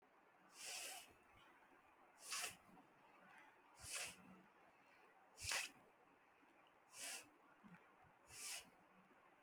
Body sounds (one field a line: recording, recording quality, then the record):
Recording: deep breathing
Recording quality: excellent, no background noise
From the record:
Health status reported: healthy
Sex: male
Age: 20 years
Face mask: not worn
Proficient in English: yes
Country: India